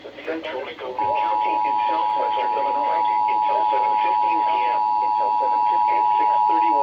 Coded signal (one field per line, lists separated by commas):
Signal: Emergency Alert System (SAME) tones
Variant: 853 and 960 Hz attention tone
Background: speech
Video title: Chaotic Hellstorm IV Severe Craziness| EAS Alerts From 5/3/2021 (EAS #420-477)